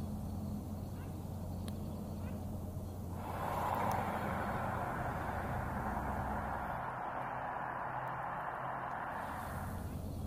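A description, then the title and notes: Harbor ambience with a steady low engine-like hum running underneath throughout. About three seconds in, a louder, dense rushing wash rises in the middle range and holds to the end, with a few faint clicks scattered through. Nature | Valdez Harbor.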